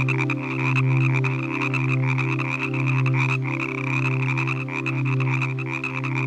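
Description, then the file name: Chorus of frogs, rapid rattling croaks over a steady low drone and a bright continuous trilling band. Evening frog chorus from a relaxing nature sounds collection. "Relaxing Nature Sounds Collection - Evening with Frog Music"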